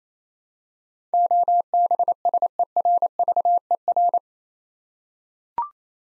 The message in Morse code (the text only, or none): OBSERVER